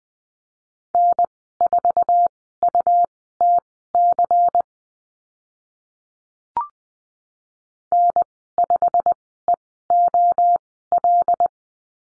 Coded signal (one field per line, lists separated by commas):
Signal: Morse code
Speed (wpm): 20 wpm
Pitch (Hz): 700 Hz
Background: none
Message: N4UTC N5EOL